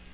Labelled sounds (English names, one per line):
Black-throated Green Warbler flight call